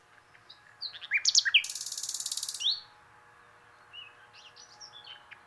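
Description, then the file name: Common nightingale song phrase opening with sharp whistled notes, then a harsh buzzing rattle lasting about a second, followed by soft scattered chips. "Luscinia megarhynchos"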